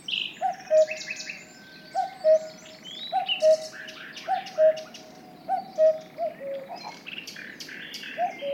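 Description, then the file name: Cuckoo repeating a falling two-note cu-coo several times, amid chirps, trills and whistles of other birds. "minutes of cuckoos"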